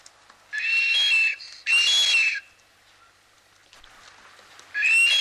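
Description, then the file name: Blue duck giving breathy, high whistled calls, three bursts of under a second each, with a quieter pause between the second and third. "whio"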